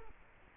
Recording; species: mosquito wingbeat signal from an infrared sensor; Culex quinquefasciatus